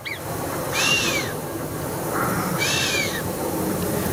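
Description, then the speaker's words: Chamois whistling snort: two breathy blasts about two seconds apart, each with a thin whistled note that rises then falls, over steady background noise. Heard in the mountains; made with the nose, blowing while whistling, like a trumpet or kazoo. "C'est le chamois qui souffle comme ça en sifflant."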